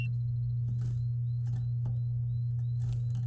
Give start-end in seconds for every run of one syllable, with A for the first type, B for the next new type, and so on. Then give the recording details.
0.00-0.05 A. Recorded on 8 May 2018 at 10:24. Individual llb16